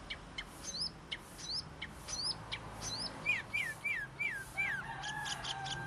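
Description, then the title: Cucak keling delivering short chirps, then a run of five clear downslurred whistles about every third of a second, ending in rapid high notes. Gacor, persistent singing, described as unusual. "Cucak Keling Gacor Unik"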